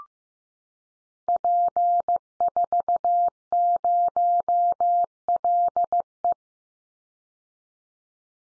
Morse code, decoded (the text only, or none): P40LE